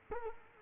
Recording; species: mosquito wingbeat signal from an infrared sensor; Culex quinquefasciatus